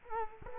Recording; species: mosquito wingbeat signal from an infrared sensor; Culex quinquefasciatus